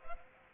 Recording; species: mosquito wingbeat signal from an infrared sensor; Culex pipiens